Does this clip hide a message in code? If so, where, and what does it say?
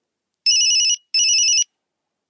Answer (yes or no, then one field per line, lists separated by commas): no